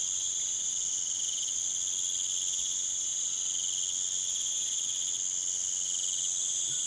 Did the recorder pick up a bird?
no